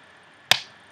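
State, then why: Released. On a Dye I4 paintball goggle, the plastic release tab on the strap's ear-flap clip is pushed down to start removing the lens. It gives a single sharp, bright click at 0.5 s that dies away within about a tenth of a second against a quiet background. The tab clicks open and releases.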